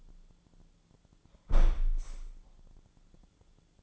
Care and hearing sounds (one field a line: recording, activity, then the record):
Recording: daily activity, microphone in the room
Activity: close window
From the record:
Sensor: 5